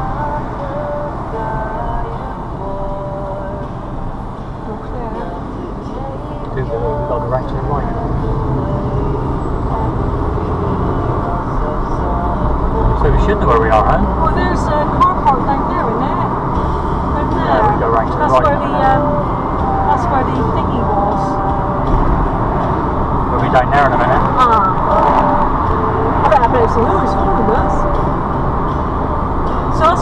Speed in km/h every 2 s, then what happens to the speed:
23, 23, 19, 26, 31, 39, 42, 47, 45, 47, 47, 50, 52, 52, 47.
4-14 speeds up to 47. 14-26 steady at about 47.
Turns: 0-10.